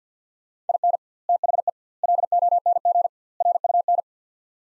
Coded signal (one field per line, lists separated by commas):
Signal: Morse code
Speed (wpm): 47 wpm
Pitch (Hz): 700 Hz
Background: none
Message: IN THE LONG RUN